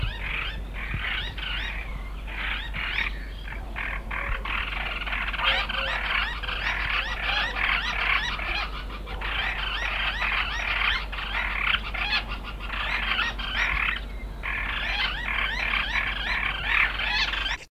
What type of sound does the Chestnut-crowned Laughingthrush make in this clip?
song